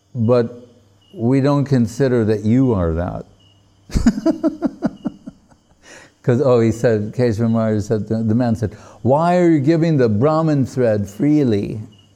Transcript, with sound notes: “But we don't consider that you are that.” [laughing] 'Cause all he said, Keśava Mahārāj said, “The men said, 'Why you're giving the brāhmin thread freely